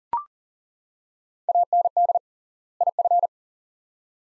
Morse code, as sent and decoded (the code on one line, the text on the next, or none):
.- -. -.. / .. ..-.
AND IF